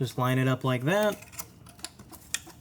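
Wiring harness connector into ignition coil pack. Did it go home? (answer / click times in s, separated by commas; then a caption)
yes / 2.3 s. Someone talks, then a plastic electrical connector on the wiring harness is lined up and pushed onto the ignition coil pack of a 2006-2016 Chevrolet Impala 3.5L V6, with a few faint handling ticks along the way. A sharp click at 2.3 s marks the connector latching and seating, so it can't easily be pulled back off.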